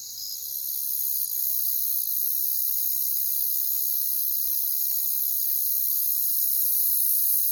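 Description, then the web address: Crickets in a dense, high, continuous chorus of shrill trilling that swells slightly in the first second, with a few faint clicks underneath. "Nature Songs Nature Sounds Sounds of Nature Collection Crickets"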